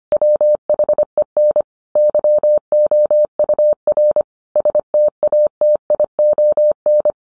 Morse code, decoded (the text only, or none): WHEN YOUR STATION